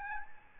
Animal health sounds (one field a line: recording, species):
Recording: mosquito wingbeat signal from an infrared sensor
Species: Aedes albopictus